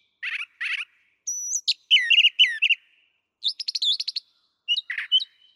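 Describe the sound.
Brown thrasher song: paired raspy notes, a thin high whistle, then a fast run of chirps and twittering phrases.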